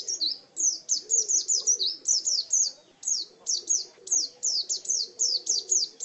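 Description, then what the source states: White-eye song, a fast run of high, thin chirps, each sliding downward, delivered in dense bursts with brief pauses between them. Song in the ngalas style.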